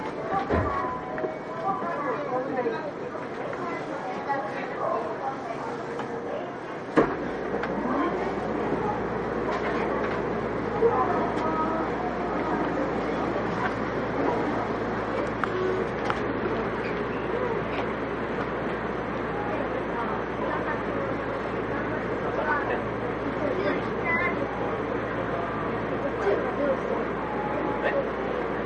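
A Yokohama Municipal Subway 3000R train runs between Kannai and Azamino, with a steady rumble and hiss that holds nearly level throughout. Voices murmur continuously over it. A sharp knock sounds near seven seconds, and a low hum enters then and stays.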